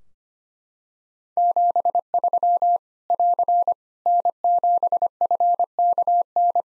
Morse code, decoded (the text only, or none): 73 <AR> N7FKN